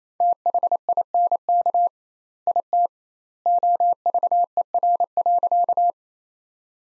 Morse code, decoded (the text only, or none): THINK IT OVER.